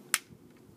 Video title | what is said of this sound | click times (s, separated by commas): Age Of Extinction Voyager Galvatron | so you keep pushing it until you hear it click | 0.1 s